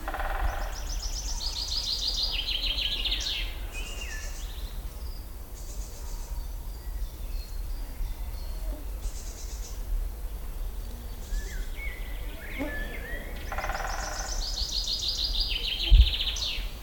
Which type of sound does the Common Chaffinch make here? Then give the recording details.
song. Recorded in the wild. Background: Picoides major. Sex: male. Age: adult. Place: Liepnitzsee, Brandenburg, DE. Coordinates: 52.75, 13.51. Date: 1995-05-06 18:46. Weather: heiter, 20°C, böiger Wind. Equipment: Marantz CP 430, Sennheiser ME 80, Kopie Uher 4000 Report Monitor. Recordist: Tembrock, Günter. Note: Gesang